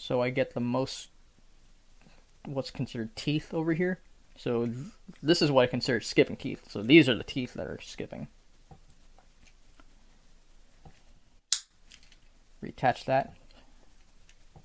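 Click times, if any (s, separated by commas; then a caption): 11.5 s. Someone talks while reassembling a Beyblade Burst Long LR Light Dragon Launcher, whose teeth were skipping, and presses the plastic toothed gear piece back into the launcher housing. A single loud, sharp snap at 11.5 s shows it has seated, followed by a few faint handling clicks.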